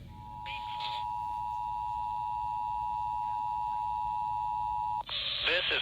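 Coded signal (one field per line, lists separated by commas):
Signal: Emergency Alert System (SAME) tones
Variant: 853 and 960 Hz attention tone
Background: speech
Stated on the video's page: Compilation of flood warning EAS alert fragments captured from various stations around the Shenandoah Valley.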